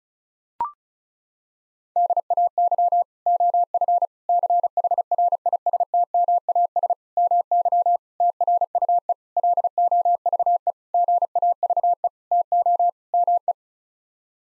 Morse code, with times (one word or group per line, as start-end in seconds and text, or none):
2.0-3.0 DAY
3.3-4.1 OF
4.3-6.9 CHRISTMAS
7.2-8.0 MY
8.2-9.1 TRUE
9.4-10.7 LOVE
10.9-12.1 GAVE
12.3-12.9 TO
13.1-13.5 ME